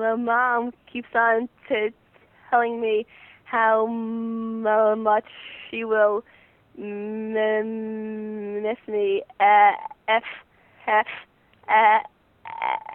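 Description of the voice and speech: A teenage girl speaks a short sentence broken by long pauses and stretched sounds, with a drawn-out, repeated "m" before "much" and "miss" and held vowels. These prolongations and silent blocks are typical of stuttering.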